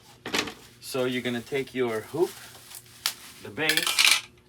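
Someone talks while handling a Mighty Hoop embroidery hoop base over a plastic hooping alignment station from a starter kit, with short hard taps at about 0.3 s, 3.1 s and 4.4 s. The base has not yet snapped into the station, and nothing has seated or clicked yet.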